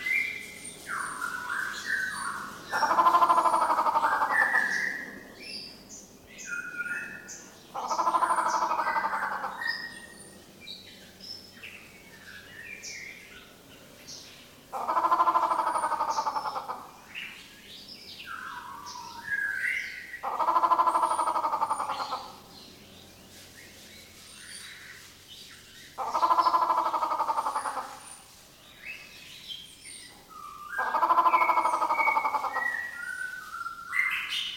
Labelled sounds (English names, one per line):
White-rumped Shama